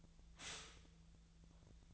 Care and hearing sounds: daily activity, microphone in the room; stop toaster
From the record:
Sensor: 3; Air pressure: 1009.2 hPa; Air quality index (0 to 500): 197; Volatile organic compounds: 16 ppm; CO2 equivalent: 2554 ppm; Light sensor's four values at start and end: 32/80/34/36 and 32/80/34/36

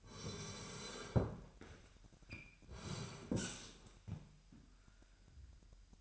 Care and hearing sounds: daily activity, microphone in the room; sit down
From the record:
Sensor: 2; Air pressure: 998.4 hPa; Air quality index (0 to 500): 126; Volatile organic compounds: 3 ppm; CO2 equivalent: 1427 ppm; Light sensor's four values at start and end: 5/12/5/6 and 6/15/6/7

